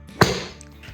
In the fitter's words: just pops into place